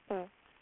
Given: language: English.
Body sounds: throat vibration sensor signal played as sound; speech

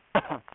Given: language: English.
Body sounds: throat vibration sensor signal played as sound; cough

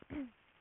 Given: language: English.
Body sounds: throat vibration sensor signal played as sound; throat clearing

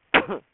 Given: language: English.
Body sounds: throat vibration sensor signal played as sound; cough

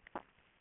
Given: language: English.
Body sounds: throat vibration sensor signal played as sound; swallow

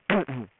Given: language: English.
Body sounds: throat vibration sensor signal played as sound; throat clearing

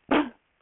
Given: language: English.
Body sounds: throat vibration sensor signal played as sound; cough

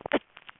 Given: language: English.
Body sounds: throat vibration sensor signal played as sound; cough

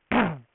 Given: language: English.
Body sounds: throat vibration sensor signal played as sound; throat clearing

